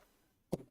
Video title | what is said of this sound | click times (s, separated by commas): Automate your Fish Growth Live Podcast - WEDNESDAY 4PM PACIFIC/ 7PM EASTERN Episode 277 | so I always try to get that nice click back in | 0.5 s